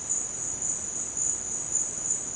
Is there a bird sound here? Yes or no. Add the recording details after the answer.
no. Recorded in dense forest near Puerto Asís, Putumayo, Colombia, on 23 June 2025 at 16:30. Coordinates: 0.484, -76.317. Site G045